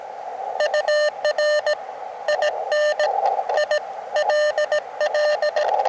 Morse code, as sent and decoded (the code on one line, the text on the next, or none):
..- .-. / .. -. / .. / .-.. .-..
UR IN I LL